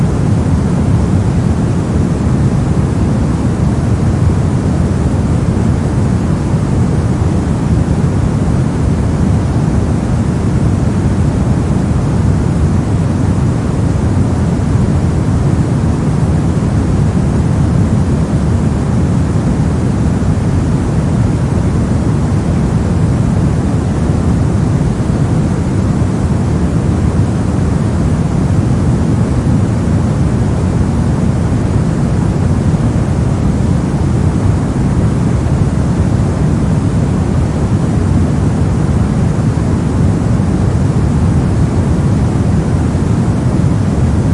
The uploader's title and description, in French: Bruits blancs - Soft noise. Les bruits blancs sont des sons qui contiennent toutes les fréquences audibles dans une plage donnée avec une intensité égale, ce qui les rend similaires à un bourdonnement continu ou à un bruit de fond.